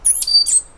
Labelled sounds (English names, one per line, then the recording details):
Stitchbird song
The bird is a male
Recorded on Tiritiri Matangi Island, New Zealand, in 2005
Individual 1, of nest box 1